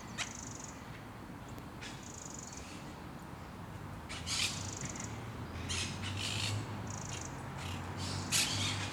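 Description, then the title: Harsh parakeet screeches come in clusters, mixed with thin, high whistled notes and a low rumble. Parc de Forest, Saint-Gilles, Belgium; recorded with Sony PCM-D100 internal microphones in wide position. "Parc de Forest, 1060 Saint-Gilles, Belgique - Parakeets - Perruches"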